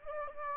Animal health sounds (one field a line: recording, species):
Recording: mosquito wingbeat signal from an infrared sensor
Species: Anopheles gambiae